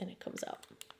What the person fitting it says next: and it clicks back in.